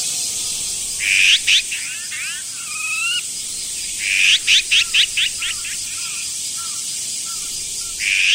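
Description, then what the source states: Azure-winged magpie giving harsh, rising drawn-out screeches followed by rapid runs of rasping notes that fade, with softer downslurred whistles between bursts and constant high hiss. Yoyogi Park, Tokyo.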